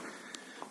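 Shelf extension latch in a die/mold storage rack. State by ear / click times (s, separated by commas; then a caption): seated / 0.3 s, 0.6 s. A full-extension steel shelf in a die and mold storage rack is pulled out smoothly toward the operator. Two short clicks sound at 0.3 s and 0.6 s over a steady background hiss as the shelf's extension latches engage. The latches are locked.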